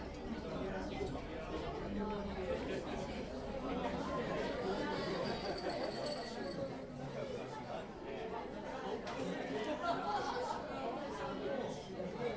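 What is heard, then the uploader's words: Busy chatter fills an izakaya, many voices overlapping in a steady, dense murmur that never drops out. A low rumble sits underneath, and brief brighter clinks and tones surface now and then, especially around the middle. A field recording made in an Izakaya at Myoden Station in Chiba, Tokyo.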